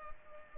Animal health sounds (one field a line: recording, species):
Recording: mosquito wingbeat signal from an infrared sensor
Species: Culex pipiens